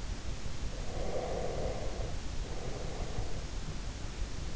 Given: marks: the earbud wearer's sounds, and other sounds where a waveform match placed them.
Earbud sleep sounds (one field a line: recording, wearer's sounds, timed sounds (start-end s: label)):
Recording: sounds in sleep by an in-ear microphone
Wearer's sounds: breath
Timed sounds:
0.88-3.68 s: breath